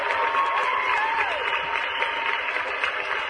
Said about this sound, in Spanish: Y aplausos porque liquidaste tu deuda.